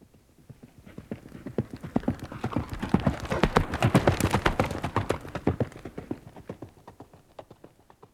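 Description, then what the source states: Horse galloping, rapid drumming hoofbeats in quick rolling groups that swell to a loud peak midway, then fade away again toward the end. Horse galloping by.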